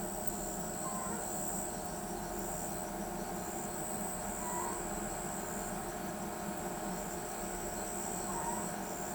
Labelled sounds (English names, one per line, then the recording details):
none
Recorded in pastures near Pivijay, Magdalena, Colombia, on 17 April 2023 at 22:30
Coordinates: 10.456, -74.369
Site P6-G026